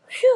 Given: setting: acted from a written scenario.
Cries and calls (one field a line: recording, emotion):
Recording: vocal sound without words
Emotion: relief